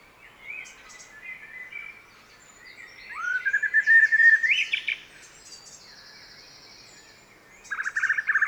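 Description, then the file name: Common blackbird singing a mellow warbled phrase that rises and then holds a fluttering note, ending in a higher twitter, before another phrase begins. "Turdus merula"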